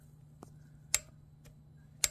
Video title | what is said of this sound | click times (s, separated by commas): 2014 harley stator install | Torque is clicking. | 0.9 s, 2.0 s